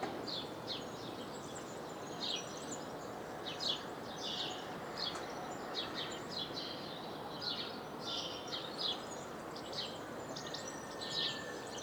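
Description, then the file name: House sparrow chatter, many short chirps in a near-continuous stream, with a steady noisy background throughout. "Passer domesticus"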